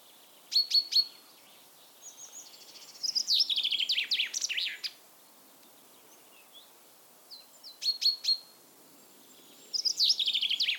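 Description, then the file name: Common chaffinch singing: clusters of sharp high notes, a descending trill of about two seconds, more short note bursts, then another trill beginning near the end. "Fringilla coelebs"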